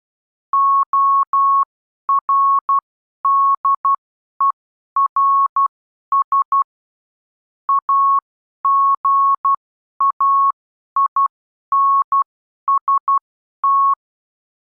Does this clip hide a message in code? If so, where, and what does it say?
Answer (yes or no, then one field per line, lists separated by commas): yes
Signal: Morse code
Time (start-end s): 0.5-13.9 s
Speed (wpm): 12 wpm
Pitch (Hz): 1100 Hz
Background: none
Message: ORDERS AGAINST